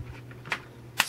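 An iPad Mini 4 is pressed into the plastic shell of its protective case. A softer click comes at about 0.5 s, then a sharp, loud snap at 1.0 s as the tablet seats in the shell.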